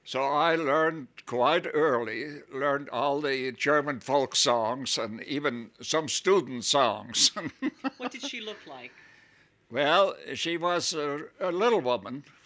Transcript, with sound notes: So I learned quite early, learned all the German folk songs and even some student songs. (he laughs)
What did she look like?
Well, she was a little woman.